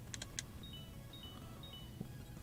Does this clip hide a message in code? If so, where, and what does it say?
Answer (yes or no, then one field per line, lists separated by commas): no